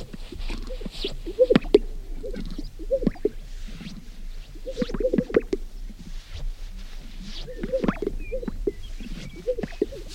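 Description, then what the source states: Sage grouse display sounds: many overlapping low bubbling pops and gulps in bursts from several birds, with thin high whistles from other birds in the background. A group of sage grouse.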